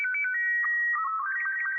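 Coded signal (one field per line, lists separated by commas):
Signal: SSTV (slow-scan television)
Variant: Robot 24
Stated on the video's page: SSTV signal played within the game Kerbal Space Program 1.2.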